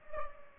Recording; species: mosquito wingbeat signal from an infrared sensor; Culex pipiens